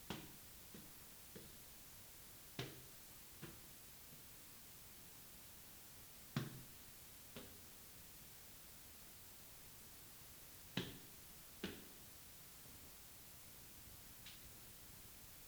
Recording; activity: daily activity, guitar pickup as the sensor; go upstairs